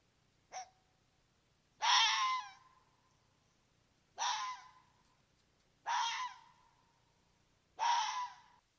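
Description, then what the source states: Red fox giving a series of hoarse, screaming barks roughly every two seconds, each harsh burst fading into a drawn-out tonal tail, preceded by one brief sharp note. Common red fox vocalization described as its bark, though it does not sound much like a bark.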